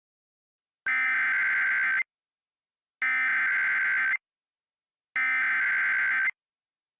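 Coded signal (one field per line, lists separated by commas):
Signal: Emergency Alert System (SAME) tones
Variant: header bursts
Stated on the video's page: SAME tones in a fictional EAS scenario about Siren Head attacking Loveland, Colorado.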